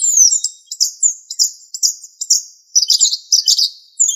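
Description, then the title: Thrush singing a quick run of high, bright chirps and slurred whistles, with short breaks and a dense burst of notes near the end. "Familia Turdidae - Sabia"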